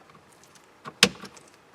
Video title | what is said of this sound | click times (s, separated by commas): GM Turn Signal Switch Replacement | It just snaps right in, and that's it. | 1.0 s